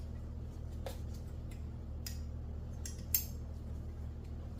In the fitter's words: all right well it's snapped on pretty good so I guess we'll roll